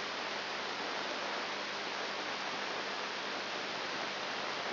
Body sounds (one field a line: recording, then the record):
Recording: brain microelectrode recording played as sound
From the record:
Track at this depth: outside the subthalamic nucleus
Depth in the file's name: 0.308 mm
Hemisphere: left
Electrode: 3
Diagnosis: Parkinson's disease